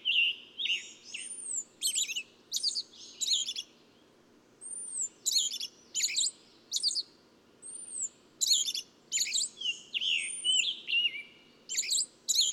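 Bird song: bright chirped bursts in quick runs, with thin arching whistles slipping in between, and a pause midway, over a low hum.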